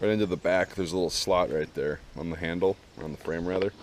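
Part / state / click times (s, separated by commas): detachable shoulder stock into the slot on the pistol grip frame / not seated / none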